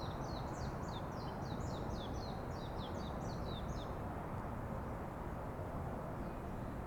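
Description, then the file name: Bird song, a rapid string of high, sharply descending chirps for about four seconds, followed by quiet background rumble. Birds singing in a forest. "freesound singing birds in the forest"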